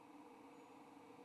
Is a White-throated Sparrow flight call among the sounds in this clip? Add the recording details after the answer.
no. No flight call is heard. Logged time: 02:25 on 29 November 2014